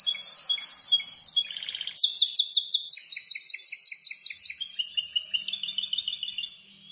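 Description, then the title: Prinia song of high slurred notes, a brief buzzy burst, then a long rapid run of sharp descending chips and a thinner ticking series at the end. "Ciblek Sawah"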